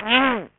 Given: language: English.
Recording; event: throat vibration sensor signal played as sound; throat clearing